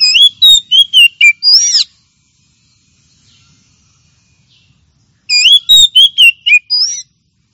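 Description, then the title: Oriental magpie-robin song in two bursts of quick, varied whistles and harsher chirps, each ending with a higher note, with silence between them. Champion bird; song. "Kicau Burung Kacer Juara"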